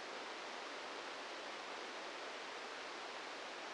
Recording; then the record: brain microelectrode recording played as sound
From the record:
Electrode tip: outside the subthalamic nucleus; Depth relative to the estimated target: 0 mm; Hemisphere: left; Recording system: NeuroSet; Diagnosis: Parkinson's disease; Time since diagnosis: 8 years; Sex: male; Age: 58 years